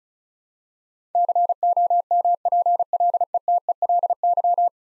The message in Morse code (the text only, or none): COMPLETELY